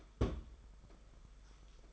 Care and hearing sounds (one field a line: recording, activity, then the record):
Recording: daily activity, microphone in the room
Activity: place on stove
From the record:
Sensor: 5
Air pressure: 991.3 hPa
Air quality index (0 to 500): 91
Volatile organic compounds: 11 ppm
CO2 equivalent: 2298 ppm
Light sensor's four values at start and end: 33/103/40/42 and 33/102/40/42